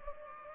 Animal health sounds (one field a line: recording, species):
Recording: mosquito wingbeat signal from an infrared sensor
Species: Culex pipiens